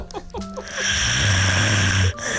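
A single long, loud, low-pitched rattling snore lasting over a second from an adult woman during sleep.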